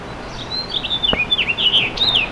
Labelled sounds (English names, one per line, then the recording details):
House Finch song
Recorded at Glen Cove on Long Island, New York, on 14 June 2013
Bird D